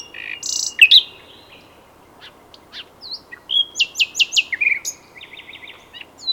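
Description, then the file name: Common nightingale song: a loud buzzy burst, soft scattered notes, then a series of strong repeated notes and a short rapid trill. "Luscinia megarhynchos"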